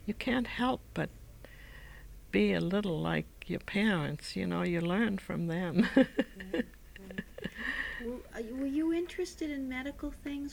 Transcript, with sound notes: You can't help but be a little like your parents. You know, you learn from them. (She laughs.)
Were you interested in medical things?